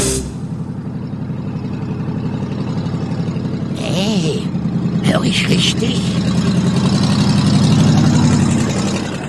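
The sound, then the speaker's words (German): A car engine rumbles with a steady low drone, growing a little louder toward the end before settling back into an even idle, while a person speaks briefly over it. “Dieses Auto kenne ich.”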